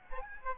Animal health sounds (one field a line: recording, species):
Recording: mosquito wingbeat signal from an infrared sensor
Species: Aedes aegypti